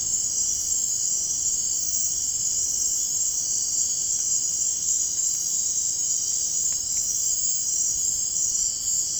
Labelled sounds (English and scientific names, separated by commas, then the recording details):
none
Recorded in dense forest near Puerto Asís, Putumayo, Colombia, on 30 June 2025 at 19:30
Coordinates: 0.503, -76.323
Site G059